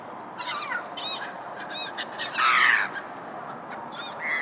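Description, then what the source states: Gull calls: a few short harmonic cries, then a louder harsh squawk, over steady background noise. Gulls recorded in a harbour.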